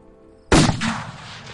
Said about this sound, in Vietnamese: Tiếng nổ lớn vang lên ngay nơi tên huyết ma vừa bay lên. Thì ra là đạo bùa sát quỷ của thầy Phong.